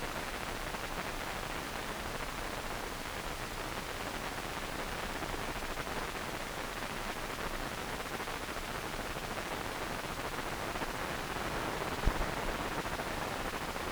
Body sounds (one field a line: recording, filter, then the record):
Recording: brain microelectrode recording played as sound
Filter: wide band, above 20 Hz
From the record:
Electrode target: subthalamic nucleus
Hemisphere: right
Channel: 2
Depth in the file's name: 5.102 mm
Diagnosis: Parkinson's disease